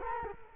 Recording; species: mosquito wingbeat signal from an infrared sensor; Culex quinquefasciatus